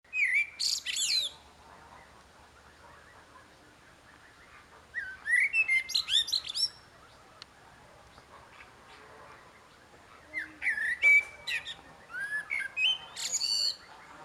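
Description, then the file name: Common blackbird song in a few phrases, each of mellow warbled whistles running into thin high-pitched twittering, separated by pauses. "Turdus merula"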